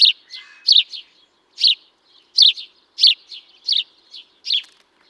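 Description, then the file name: House sparrow giving a string of harsh chirps, loud notes roughly every half to one second with softer chirps between, on a quiet background. "Passer domesticus"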